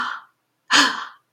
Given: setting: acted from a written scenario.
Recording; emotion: vocal sound without words; fear